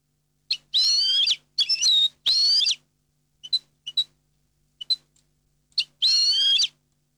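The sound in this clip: European goldfinch singing liquid, twittering phrases of rapid buzzy and tinkling notes, broken by short clipped single notes, in an otherwise quiet background.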